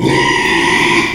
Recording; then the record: squeal of a Yucatan mini pig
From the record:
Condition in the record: after surgery on the right vocal fold (resection and tissue-engineered implant); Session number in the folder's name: 1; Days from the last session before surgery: 6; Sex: male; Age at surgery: 12 weeks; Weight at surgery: 13 kg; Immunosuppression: cyclosporine, prednisolone